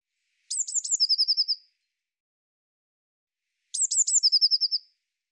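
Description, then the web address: Eurasian blue tit calling twice, each phrase opening with three high, thin notes and ending in a quick, even trill, separated by about two seconds of silence. "cianscape birddata Deverinetal 2025 File cleaned normalized Bird Cy Ca"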